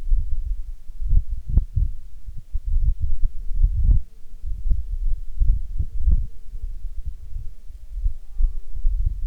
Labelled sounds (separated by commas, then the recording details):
wind, insects
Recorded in Ivvavik National Park, Yukon, on 27 June 2019 at 14:29
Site SINP09